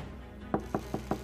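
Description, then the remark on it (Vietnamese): Four crisp knocks on a door from outside, evenly spaced and fairly quick, each a short woody thud standing out over a low steady hum. “Có tiếng gõ cửa ở bên ngoài, ông Vương liền nói: "A Mẫn, cậu vào đi."”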